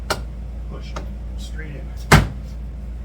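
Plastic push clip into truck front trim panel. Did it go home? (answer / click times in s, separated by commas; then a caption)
yes / 0.1 s. A popped-out plastic push clip on the front trim panel in the headlight and grille area of a 2021 GMC Sierra 2500 HD is pushed straight in by hand and clicks home at 0.1 s, seating firmly. Someone talks throughout, and a louder knock follows at about 2.1 s.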